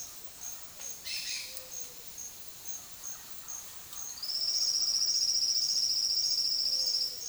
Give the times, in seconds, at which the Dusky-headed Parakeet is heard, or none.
1.04-1.53